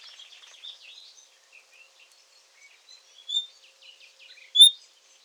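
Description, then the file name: Common nightingale calls: soft varied twittering notes, then two sharp high whistles near the end. "Luscinia megarhynchos"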